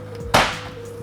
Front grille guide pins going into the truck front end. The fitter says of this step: go ahead apply a little bit of pressure on the grille until those guide pins lock into place